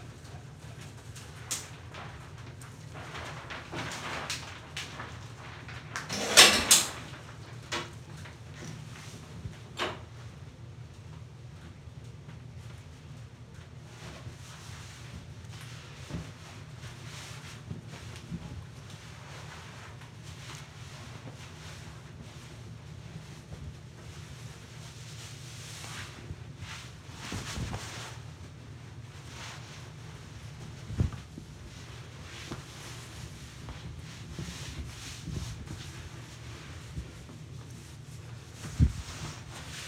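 Shower water falls steadily onto shoulders, an even low rush with a sharp splash near six seconds and scattered knocks throughout.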